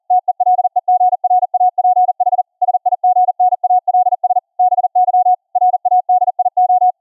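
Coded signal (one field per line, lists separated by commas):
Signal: Morse code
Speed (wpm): 41 wpm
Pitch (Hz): 730 Hz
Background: none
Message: TELEGRAPH SIGNALS BY RADIO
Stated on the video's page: Software-generated CW copy-by-ear practice at 40 wpm, about 20.2 kHz VLF, through a class D amp into a ferrite rod transmit antenna, received on another ferrite antenna.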